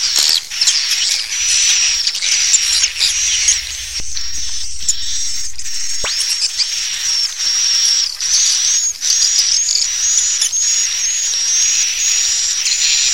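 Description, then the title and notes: Swiftlet twittering, a constant high chatter with a sustained thin tone and repeated short chirps toward the end. Swiftlet sound used for swiftlet farming in Asia. "Swiflet Bird Sound. Farming Swiflet Bird asia sound"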